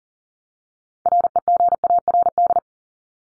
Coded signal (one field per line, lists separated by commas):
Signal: Morse code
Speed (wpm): 40 wpm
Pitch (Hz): 700 Hz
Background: none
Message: REGARD